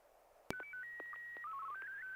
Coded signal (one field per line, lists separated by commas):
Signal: SSTV (slow-scan television)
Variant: Martin 1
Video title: N6NA SSTV Net ISS Picture Night - 10/7/2020